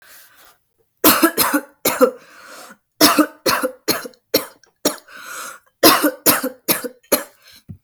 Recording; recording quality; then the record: heavy voluntary cough; excellent, no background noise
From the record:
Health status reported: exposed to COVID-19, no respiratory illness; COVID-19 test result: negative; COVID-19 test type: RT-PCR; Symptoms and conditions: cough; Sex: female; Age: 24 years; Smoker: no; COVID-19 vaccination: both doses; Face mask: not worn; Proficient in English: yes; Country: United States